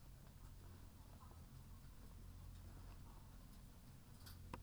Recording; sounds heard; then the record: poultry house recording; sick chickens (respiratory disease)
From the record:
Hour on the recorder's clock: 14